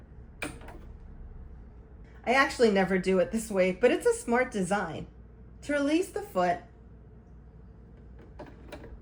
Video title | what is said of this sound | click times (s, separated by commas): Sewing Machine Basics with Brother ST531HD | which will cause the foot to snap into place. | 0.4 s